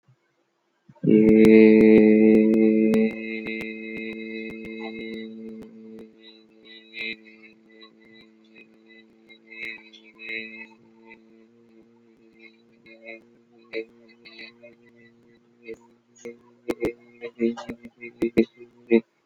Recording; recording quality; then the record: sustained vowel as in made; moderate, slight background noise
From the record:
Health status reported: healthy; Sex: male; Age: 25 years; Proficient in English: yes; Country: India